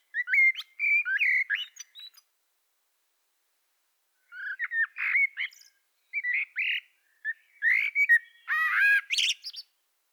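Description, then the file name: Common blackbird song: mellow whistled phrases broken by pauses, finishing with a harsh, rasping chatter at the end. "Turdus merula"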